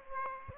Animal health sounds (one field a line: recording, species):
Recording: mosquito wingbeat signal from an infrared sensor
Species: Aedes aegypti